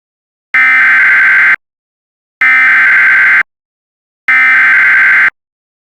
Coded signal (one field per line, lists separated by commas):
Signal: Emergency Alert System (SAME) tones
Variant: header bursts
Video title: Severe Thunderstorm Warning (An EAS Mock)